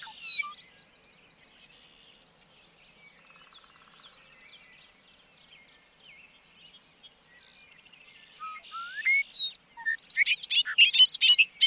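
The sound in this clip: Bobolink song bursts in at the end with whistled notes and a rapid tinkling jumble, after several seconds of faint bird twittering.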